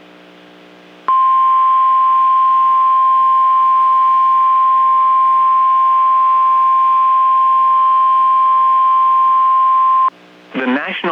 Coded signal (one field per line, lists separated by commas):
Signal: Emergency Alert System (SAME) tones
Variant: 1050 Hz attention tone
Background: speech